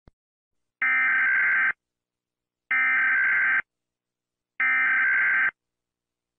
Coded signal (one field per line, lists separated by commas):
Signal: Emergency Alert System (SAME) tones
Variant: header bursts